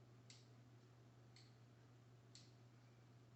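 The base grip of a dry-powder asthma inhaler is twisted one way and then back to load a dose into the inhaler body. Three small plastic clicks are heard at 0.3, 1.4 and 2.4 seconds over a steady low hum. Each click confirms that a dose has been loaded.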